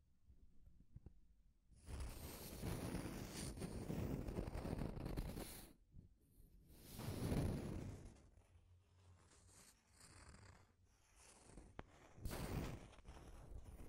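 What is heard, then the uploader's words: Deep scratching comes in rough, rasping bursts: a long stretch from about two to six seconds, a swell near seven to eight, and another around twelve to thirteen. Between them are quieter gaps with faint scrapes and a few sharp clicks. The strokes sound low and gritty, with a windy, hissing edge. Deep Scratching. (No Talking).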